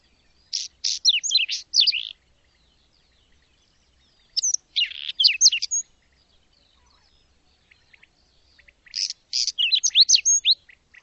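Bird twittering: three bursts of rapid high chirping notes, each up to about two seconds long, separated by silences of a few seconds.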